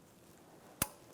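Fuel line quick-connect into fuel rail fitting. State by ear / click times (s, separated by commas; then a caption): seated / 0.8 s. A fuel line quick-connect fitting is pushed onto the fuel rail of a 1997–2006 Jeep Wrangler until it snaps into place. After quiet background, a single sharp, broadband click sounds at 0.8 s and fades quickly. The fitting is seated on the rail.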